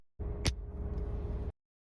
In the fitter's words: two small pieces containing the magnet snap together like so.